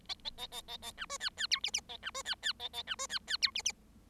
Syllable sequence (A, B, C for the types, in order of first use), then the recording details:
A A A A A A B C D D E F F A B C D D A A B C D D E F F. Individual Bird7